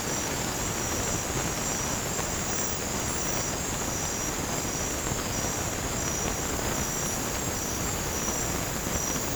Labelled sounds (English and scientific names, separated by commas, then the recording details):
none
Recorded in dense forest near Puerto Asís, Putumayo, Colombia, on 30 June 2025 at 22:00
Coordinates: 0.503, -76.323
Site G059